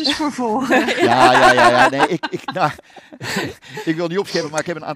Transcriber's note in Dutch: gelach